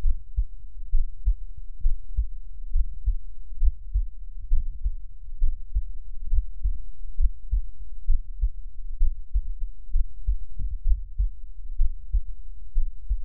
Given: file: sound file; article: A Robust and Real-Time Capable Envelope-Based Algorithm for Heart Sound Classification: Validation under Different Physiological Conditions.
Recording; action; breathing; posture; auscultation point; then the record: heart sounds by electronic stethoscope; rest; normal; lying on back; Erb’s point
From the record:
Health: healthy, no known heart disease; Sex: male